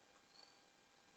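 A Godox X2T wireless flash trigger, slid into a camera hot shoe, is handled as its lock ring at the back is pressed lightly and rotated to lock it. Only steady low hiss with faint handling rustle is heard, with a slight bump near 0.4 s. Nothing has seated or clicked yet.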